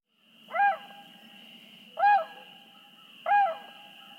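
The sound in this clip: Tundra Swan calling: three loud, hooting, slightly arched notes over a steady faint high tone.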